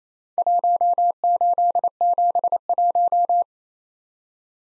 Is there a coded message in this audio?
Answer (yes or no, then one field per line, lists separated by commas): yes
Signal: Morse code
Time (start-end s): 0.4-3.4 s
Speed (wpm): 29 wpm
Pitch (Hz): 700 Hz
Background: none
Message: 1871